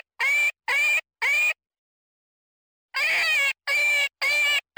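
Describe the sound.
Jackrabbit distress screams, three short harsh cries, a pause of over a second, then more strained, wavering shrieks.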